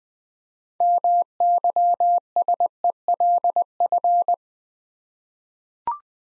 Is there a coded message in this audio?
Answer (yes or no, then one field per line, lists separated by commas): yes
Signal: Morse code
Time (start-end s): 0.8-4.3 s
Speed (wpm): 20 wpm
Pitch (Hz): 700 Hz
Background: none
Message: MYSELF